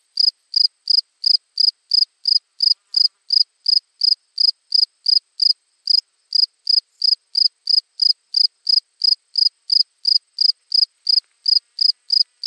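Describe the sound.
Cricket chirping continuously in short high bursts at an even pace, near three per second, nothing else heard.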